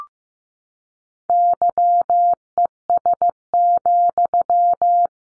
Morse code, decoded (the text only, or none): YES,